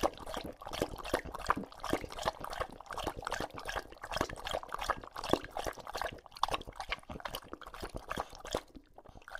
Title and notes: English Bulldog Drinks from Water Bowl - Weird Sounds. Lucho the English Bulldog as he tries to drink water after a long walk. Don't let his heavy breathing fool you in between drinks, he's equally out of breath from the walk